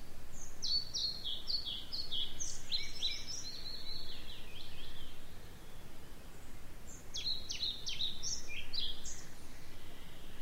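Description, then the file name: European pied flycatcher song: two quick high phrases of sharp, alternating up-and-down notes, separated by a pause, over steady low background noise. "svartvitflug"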